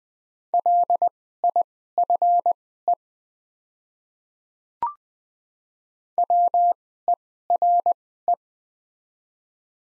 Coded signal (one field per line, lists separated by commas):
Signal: Morse code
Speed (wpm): 21 wpm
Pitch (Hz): 700 Hz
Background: none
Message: LIFE WERE